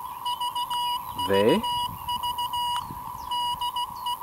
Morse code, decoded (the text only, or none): VVV DE